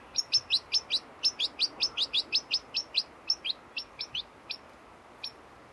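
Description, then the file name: European goldfinch calls, a quick run of high, bright twittering notes, slowing and thinning out toward the end. "Carduelis carduelis"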